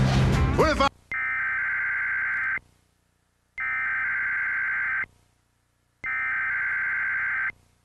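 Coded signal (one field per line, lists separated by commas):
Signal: Emergency Alert System (SAME) tones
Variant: header bursts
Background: speech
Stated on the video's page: Cable system required weekly test with the attention signal in high quality.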